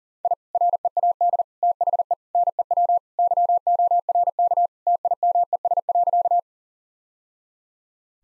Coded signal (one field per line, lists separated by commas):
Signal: Morse code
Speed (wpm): 40 wpm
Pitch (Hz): 700 Hz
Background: none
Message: I READ THE NEW YORK TIMES.